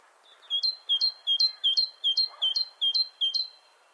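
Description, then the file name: Great tit song: about nine even two-note phrases, a low note then a sharp higher one, delivered steadily over background hiss. "Parus major"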